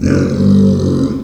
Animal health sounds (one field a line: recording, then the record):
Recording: squeal of a Yucatan mini pig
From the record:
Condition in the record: after surgery on the right vocal fold (resection and tissue-engineered implant)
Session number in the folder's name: 13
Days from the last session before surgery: 113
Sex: female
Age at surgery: 19 weeks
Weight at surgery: 25 kg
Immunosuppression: prednisolone